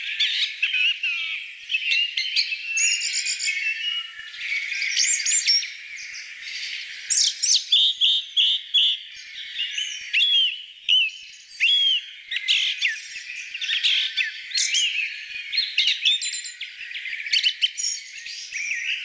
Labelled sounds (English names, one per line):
Song Thrush song